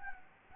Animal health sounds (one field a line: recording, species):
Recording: mosquito wingbeat signal from an infrared sensor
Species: Anopheles gambiae